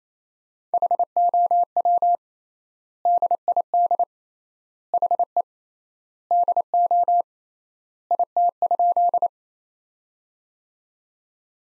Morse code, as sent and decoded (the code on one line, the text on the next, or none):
.... --- .-- / -.. .. -.. / .... . / -.. --- / .. - ..--..
HOW DID HE DO IT?